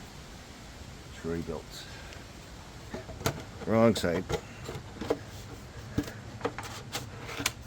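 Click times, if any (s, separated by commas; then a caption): 7.5 s. A plastic vacuum tube attachment is twisted onto the plastic housing of a Troy-Bilt TB272V leaf vacuum while someone talks. Several plastic knocks and clacks are heard, ending in a sharp snap at 7.5 s as the tube locks and seats into the housing.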